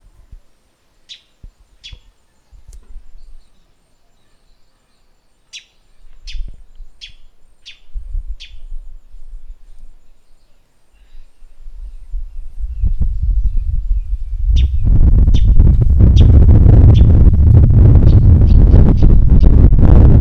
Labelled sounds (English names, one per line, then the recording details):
Northern Puffback
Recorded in northern Uganda